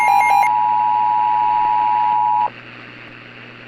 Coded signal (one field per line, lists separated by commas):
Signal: Emergency Alert System (SAME) tones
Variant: 853 and 960 Hz attention tone